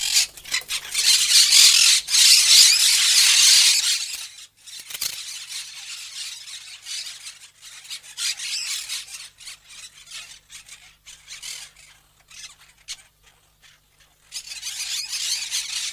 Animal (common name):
Monk Parakeet